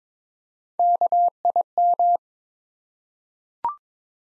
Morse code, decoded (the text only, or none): KIM